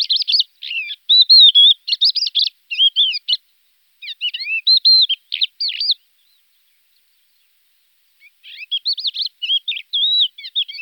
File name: crested lark